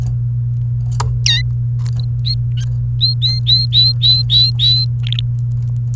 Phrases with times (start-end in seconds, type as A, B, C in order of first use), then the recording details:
1.26-1.41 A, 3.01-4.85 B, 5.03-5.20 C. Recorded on 29 April 2018 at 11:53. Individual llb3